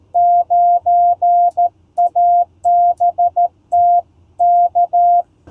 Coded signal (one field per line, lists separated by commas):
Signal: Morse code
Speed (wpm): 13 wpm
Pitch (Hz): 700 Hz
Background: none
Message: 9ABT K